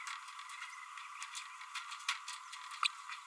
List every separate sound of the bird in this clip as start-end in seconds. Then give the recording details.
2.84-2.87. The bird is a female. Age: 32 days. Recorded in a nest box in Venezuela. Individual 17B32A7